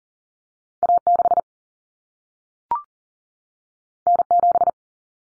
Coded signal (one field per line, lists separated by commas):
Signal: Morse code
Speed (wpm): 40 wpm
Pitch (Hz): 700 Hz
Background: none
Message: A6 N7